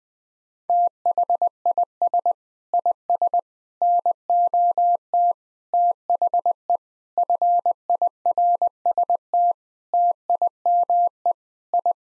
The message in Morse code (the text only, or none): THIS IS NOT THE FIRST TIME I